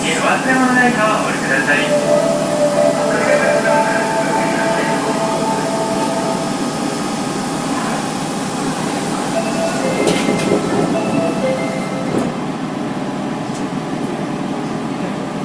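A subway train on Osaka's Imazatosuji line runs with a steady, dense low rumble and rolling wheel noise that never lets up. Faint voices murmur over it early on, and brief high squeals and clicks cut through around ten and twelve seconds.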